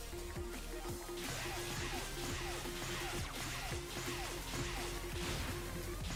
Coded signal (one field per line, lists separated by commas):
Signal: Morse code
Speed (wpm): 20 wpm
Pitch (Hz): 350 Hz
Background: music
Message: MWL: CQD